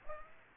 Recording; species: mosquito wingbeat signal from an infrared sensor; Aedes aegypti